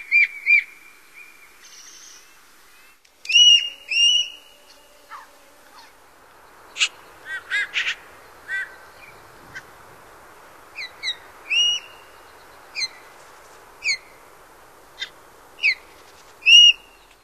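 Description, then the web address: Gray jay giving scattered whistled and hooked notes, some soft and some sharper, spaced irregularly over several seconds, with occasional clicks and faint background hiss. "Songs of Birds of North America Stokes. Gray Jay"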